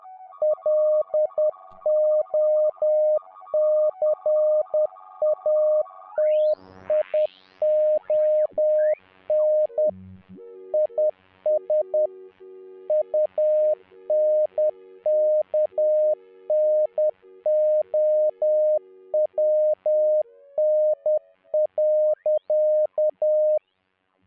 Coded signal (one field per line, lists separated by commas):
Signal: Morse code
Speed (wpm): 10 wpm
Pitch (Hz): 610 Hz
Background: music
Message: LOCATION IS UNKNOWN.